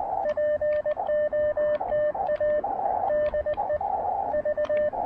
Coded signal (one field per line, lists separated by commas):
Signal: Morse code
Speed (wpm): 19 wpm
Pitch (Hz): 590 Hz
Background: radio noise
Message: POTA DE V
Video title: POTA Jitters: My First POTA activation as VY2SW in Canada!